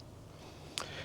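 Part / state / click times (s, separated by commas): lens standard into the bed track stop of a folding camera / seated / 0.8 s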